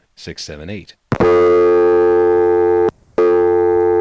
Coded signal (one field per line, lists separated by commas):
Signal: telephone call progress tone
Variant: North America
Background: speech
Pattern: dial tone